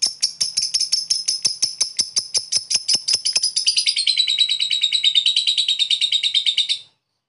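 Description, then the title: Lovebird chattering, a rapid run of sharp high chips that runs into a denser buzzy trill, stopping just before the end. Pet lovebird giving long "ngekek" chatter, used for training other pet birds (masteran). "Love bird ngetik ngekek"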